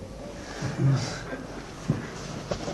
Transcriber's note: devotees chuckle